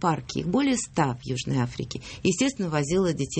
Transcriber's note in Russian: none